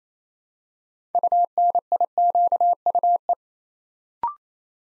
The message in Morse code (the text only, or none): UNIQUE